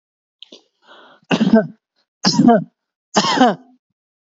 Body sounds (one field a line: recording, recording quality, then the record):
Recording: heavy voluntary cough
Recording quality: excellent, no background noise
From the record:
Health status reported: healthy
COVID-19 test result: negative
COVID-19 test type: RT-PCR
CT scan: not taken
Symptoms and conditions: none ticked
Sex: male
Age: 26 years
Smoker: no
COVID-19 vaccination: both doses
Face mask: worn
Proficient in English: no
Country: India